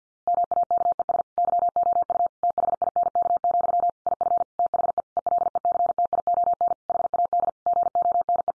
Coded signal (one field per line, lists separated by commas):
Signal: Morse code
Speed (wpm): 50 wpm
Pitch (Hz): 700 Hz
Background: none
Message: MAKES YOU THINK, IF THE ELECTION HAD GONE